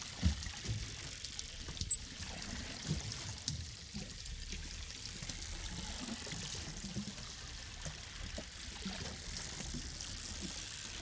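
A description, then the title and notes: On an island, a steady hiss of moving water fills the high range, like a stream or trickling runoff. Low rumbling and soft thumps come and go underneath, with a few brief knocks near the start and around two to three seconds. Recorded in Mikurajima Japan.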